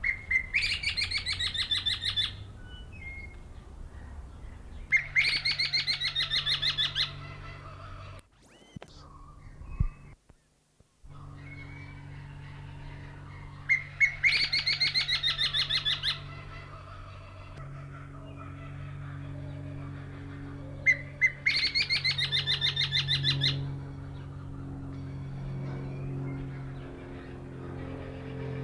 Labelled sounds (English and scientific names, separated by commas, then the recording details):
Common Green Magpie (Cissa chinensis)
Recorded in captivity
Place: Zoo Berlin, Berlin, DE
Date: 1992-07-25 10:50
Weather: sonnig (heiter - schwül), 23-26°C
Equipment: Marantz CP 430, Sennheiser ME 80, Kopie Tesla B 116
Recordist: Tembrock, Günter